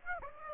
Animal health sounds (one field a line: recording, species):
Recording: mosquito wingbeat signal from an infrared sensor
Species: Aedes aegypti